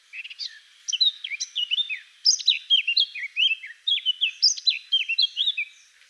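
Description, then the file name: Eurasian blackcap singing a rapid, varied warble of short scratchy and whistled notes, run together with only brief pauses throughout. "Sylvia atricapilla"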